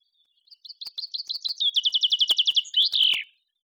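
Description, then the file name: Common chaffinch song: a run of bright chirping notes that speeds up and drops in pitch, ending in a quick flourish, lasting about three seconds. "Fringilla coelebs"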